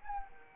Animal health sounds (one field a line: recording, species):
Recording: mosquito wingbeat signal from an infrared sensor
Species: Anopheles arabiensis